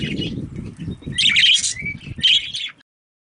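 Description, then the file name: Budgerigar calls: harsh, scratchy chirps in three bursts with a brief thin whistle before the last, over a low rumbling background. Female budgerigar. "suara parkit betina. omkicau"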